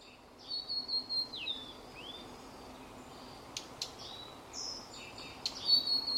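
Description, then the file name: Blue-and-white flycatcher: high, sweet whistled phrases with downward slurs, over a faint steady hum. "ooruri f"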